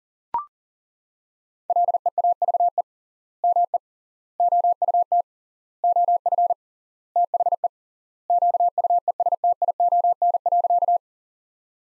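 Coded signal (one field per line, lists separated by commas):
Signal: Morse code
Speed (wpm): 40 wpm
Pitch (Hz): 700 Hz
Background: none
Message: LEAVE ME OUT OF THE QUESTION.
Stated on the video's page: Morse practice sentences from the top 400 words at 40 wpm with 3x word spacing, a word-level variant of Farnsworth spacing.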